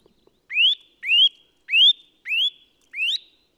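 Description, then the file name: Eurasian nuthatch repeating a ringing, rising whistle five times at a steady pace of about one and a half per second, with a couple of faint ticks before. "Sitta europaea"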